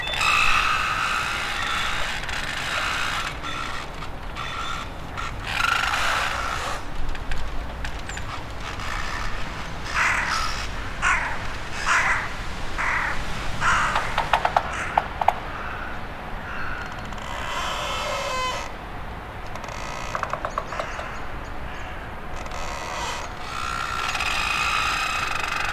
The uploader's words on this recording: The sound of flagpoles creacing in the wind. Location: Islandi väljak, Tallinn, Estonia. Equipment: Zoom h6 and its XY microphone.